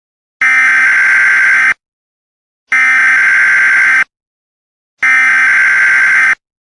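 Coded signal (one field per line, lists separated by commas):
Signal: Emergency Alert System (SAME) tones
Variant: header bursts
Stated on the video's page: Fictional simulated EAS scenario using valid EAS tones.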